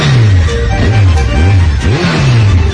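A motorcycle belonging to Toto revs loudly and continuously, its pitch rising and falling in repeated sweeps as the throttle is opened and eased off, with a rough, buzzing growl throughout.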